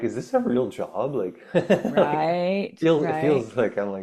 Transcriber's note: laughs